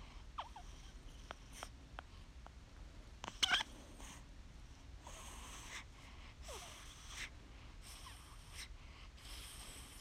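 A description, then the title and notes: A baby breathes heavily in repeated, rasping pulls, each lasting about half a second to a second and coming every second or so through the clip. Short thin squeaks and little clicks break in early on, with a sharper cluster near three and a half seconds. Heavy baby breathing, suckling, and little baby squeaks!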